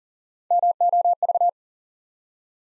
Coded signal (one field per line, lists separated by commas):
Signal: Morse code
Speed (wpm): 40 wpm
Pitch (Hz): 700 Hz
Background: none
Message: MOV